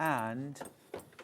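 An embroidery module is handled and brought to the free arm of a sewing machine while someone talks, followed by a few short knocks and rattles near 0.9 to 1.2 seconds. The module has not seated or clicked onto the machine yet.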